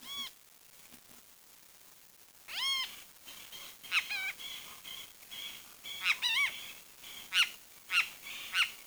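Bird calls: quiet at first, then scattered harsh arched notes and sharp chirps in irregular bursts over a soft background hiss.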